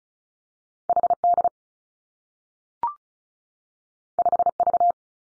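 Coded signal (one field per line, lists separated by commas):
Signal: Morse code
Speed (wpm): 36 wpm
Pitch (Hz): 700 Hz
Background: none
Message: H D 5 V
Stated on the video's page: Morse practice at 35 wpm on confusable letter-number pairs, each combination sent twice for head-copy training.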